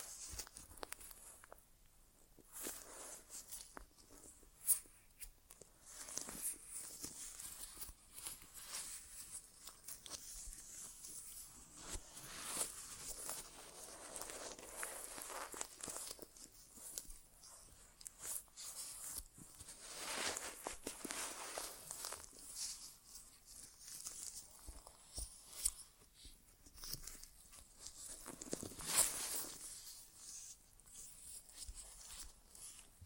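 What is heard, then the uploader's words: An ASMR ear exam without talking: a steady run of soft, crackly rustling and scratching, bright and hissy, continuing through the whole stretch. The scrapes come in dense, uneven bursts, with slightly louder swells around 5, 15 and 29 seconds. ASMR Inner Ear Exam (No Talking).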